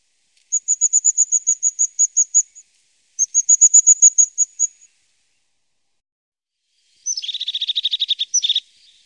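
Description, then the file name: Crested tit calls: two runs of very high, thin ticking notes, then a buzzy purring trill with a pause in the middle; otherwise silent. "Tofsmes"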